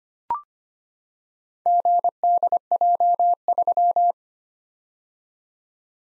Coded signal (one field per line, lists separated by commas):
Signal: Morse code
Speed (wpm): 25 wpm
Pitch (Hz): 700 Hz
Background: none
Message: GDJ3